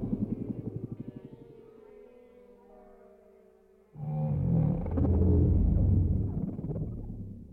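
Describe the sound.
Whale sounds of rhythmic low pulsed grunts sliding into a drawn-out descending moan, then a sudden loud burst of deep throbbing rumble that slowly fades.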